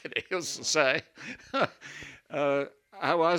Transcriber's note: he laughs